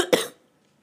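One short, harsh, wet-sounding adult cough from someone who has been sick lately, fading within a third of a second, in a quiet room.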